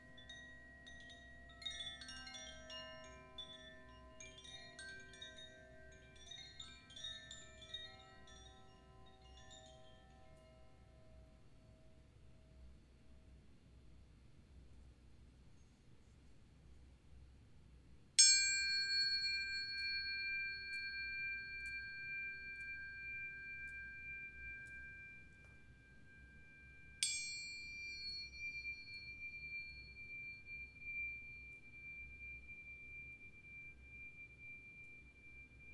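A sound bath of soft, shimmering chime tones fading out over a low hum, then two clear bell strikes ringing and slowly decaying.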